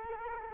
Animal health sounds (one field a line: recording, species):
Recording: mosquito wingbeat signal from an infrared sensor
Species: Culex quinquefasciatus